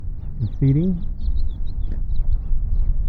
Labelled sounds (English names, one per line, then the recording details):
House Finch song
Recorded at Atlantic Beach West on Long Island, New York, on 2 June 1975
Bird D